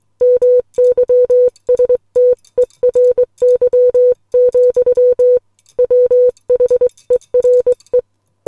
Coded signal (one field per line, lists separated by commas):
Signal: Morse code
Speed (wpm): 21 wpm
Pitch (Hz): 500 Hz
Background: music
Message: MYSTERY, WHERE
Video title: Morse Code Poem - Ocean - Les Logan SpeedX model 500